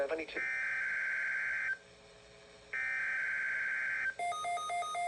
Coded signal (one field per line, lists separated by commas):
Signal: Emergency Alert System (SAME) tones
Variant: header bursts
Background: speech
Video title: EAS: NOAA WX Radio RWT on KEC73 (6/24/2026)